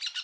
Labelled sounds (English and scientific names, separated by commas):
Brown-throated Parakeet (Eupsittula pertinax) contact call